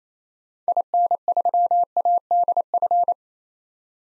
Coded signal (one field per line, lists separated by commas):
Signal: Morse code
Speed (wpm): 28 wpm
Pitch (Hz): 700 Hz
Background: none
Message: IN3ADF